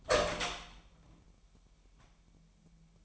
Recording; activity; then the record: daily activity, microphone in the room; open door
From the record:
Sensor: 1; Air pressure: 998.5 hPa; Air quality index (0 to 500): 130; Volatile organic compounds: 4 ppm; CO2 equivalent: 1558 ppm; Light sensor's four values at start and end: 19/62/25/26 and 19/62/25/26